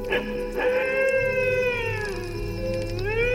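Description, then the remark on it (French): A dingo howls in a long, sustained wavering tone, holding steady before dipping and rising again, with rich harmonics and a low rumble underneath, with no talking. “Aujourd'hui, le dingo.”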